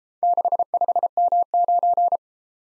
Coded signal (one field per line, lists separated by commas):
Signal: Morse code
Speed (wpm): 33 wpm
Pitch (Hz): 700 Hz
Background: none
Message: 65M9